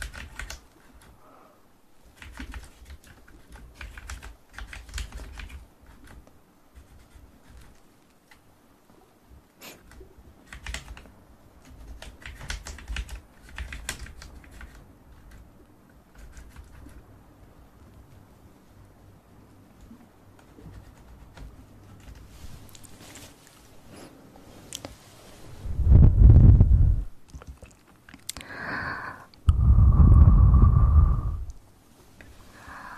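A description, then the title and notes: Soft ear massage rubbing and scattered small taps and clicks, quiet for most of the clip, then louder thumping rubs near the end. Ear Massage & Mouth Sounds.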